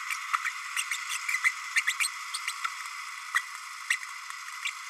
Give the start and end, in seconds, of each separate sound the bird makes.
0.33-0.38, 0.44-0.51, 0.76-0.84, 0.91-0.97, 1.28-1.40, 1.76-1.83, 1.87-1.93, 2.00-2.08, 2.33-2.39, 2.47-2.52, 3.34-3.42, 3.90-3.96